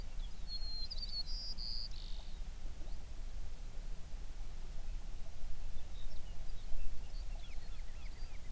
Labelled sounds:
songbird
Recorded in the Prudhoe Bay oil fields, Alaska, on 11 June 2019 at 04:58
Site 21

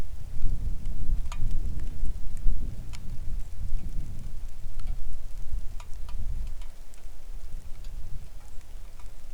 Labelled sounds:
songbird, wind, rain
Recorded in the Arctic National Wildlife Refuge, Alaska, on 3 August 2019 at 09:55
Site 41

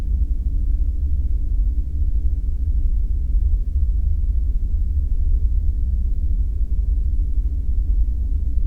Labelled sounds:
flare stack
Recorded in the Prudhoe Bay oil fields, Alaska, on 5 September 2019 at 00:23
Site 14

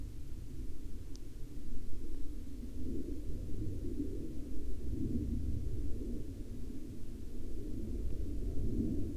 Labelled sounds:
aircraft
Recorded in the Arctic National Wildlife Refuge, Alaska, on 22 July 2019 at 11:52
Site 48

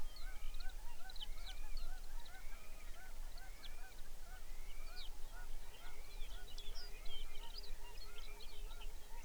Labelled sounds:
songbird, waterfowl, shorebird
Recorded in the Arctic National Wildlife Refuge, Alaska, on 23 May 2019 at 05:58
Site 49

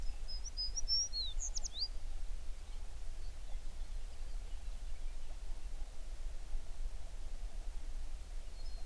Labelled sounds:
songbird
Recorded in the Prudhoe Bay oil fields, Alaska, on 11 June 2019 at 05:39
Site 21

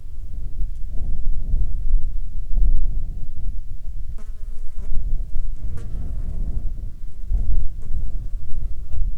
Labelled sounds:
wind, insects
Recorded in Ivvavik National Park, Yukon, on 13 July 2019 at 13:16
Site SINP03

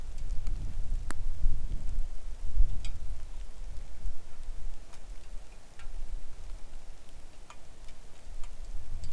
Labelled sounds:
wind, rain
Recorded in the Arctic National Wildlife Refuge, Alaska, on 3 August 2019 at 10:12
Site 41

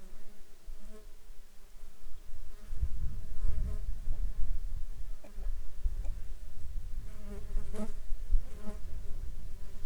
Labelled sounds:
bird, insects
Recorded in the Arctic National Wildlife Refuge, Alaska, on 21 June 2019 at 10:58
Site 33

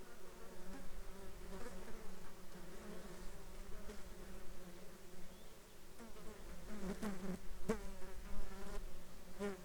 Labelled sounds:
insects
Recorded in the Arctic National Wildlife Refuge, Alaska, on 7 July 2021 at 13:52
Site 33

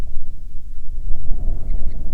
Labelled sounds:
songbird, wind
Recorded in the Arctic National Wildlife Refuge, Alaska, on 9 July 2019 at 21:30
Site 48

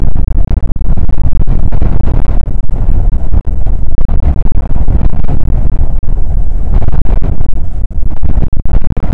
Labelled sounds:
wind
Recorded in the Prudhoe Bay oil fields, Alaska, on 19 July 2019 at 00:03
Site 25

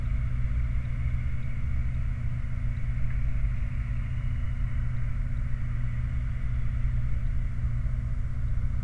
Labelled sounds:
bird, machinery, flare stack
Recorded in the Prudhoe Bay oil fields, Alaska, on 28 July 2019 at 23:10
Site 29

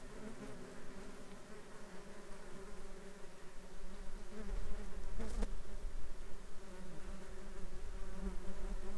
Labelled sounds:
insects
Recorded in the Arctic National Wildlife Refuge, Alaska, on 7 July 2021 at 13:51
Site 33

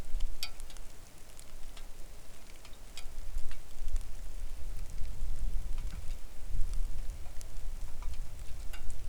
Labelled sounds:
wind, rain
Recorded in the Arctic National Wildlife Refuge, Alaska, on 3 August 2019 at 09:45
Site 41

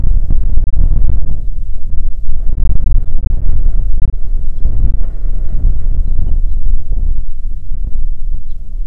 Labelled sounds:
songbird, wind
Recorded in the Prudhoe Bay oil fields, Alaska, on 5 June 2019 at 13:02
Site 16

